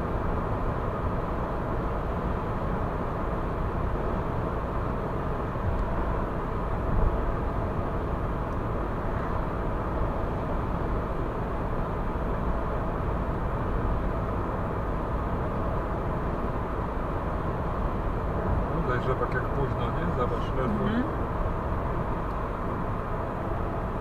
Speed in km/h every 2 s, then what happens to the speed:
96, 96, 96, 95, 95, 95, 96, 96, 96, 97, 97, 95.
0-24 steady at about 96.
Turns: none.